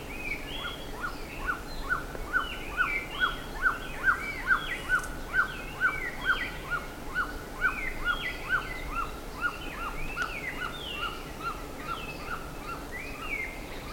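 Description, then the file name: Bird calls: a short rising note repeated about twice a second throughout, with scattered higher chirps and whistles from other birds above it. "SABIOD 50 bird 2015"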